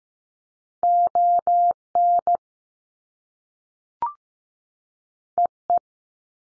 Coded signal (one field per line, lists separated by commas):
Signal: Morse code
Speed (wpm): 15 wpm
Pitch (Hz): 700 Hz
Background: none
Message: O NE E